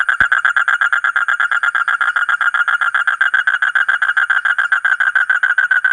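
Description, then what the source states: Asian common toad calling in a long, fast, steady train of pulses, with a sharp click near the start. Indonesian names given: kodok bangkong kolong, kodok buduk.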